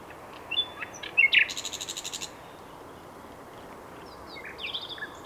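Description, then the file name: Common nightingale song: a few sharp high notes, then a fast run of loud repeated pulsed notes, and later scattered thin high chirps over a steady hiss. "Luscinia megarhynchos"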